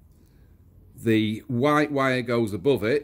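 A white wire's terminal is being fitted into a motorcycle electronic ignition connector on a Suzuki GT750, placed above the yellow wire. Faint low background noise is followed by someone talking from about 1.0 s. Nothing has seated or clicked yet.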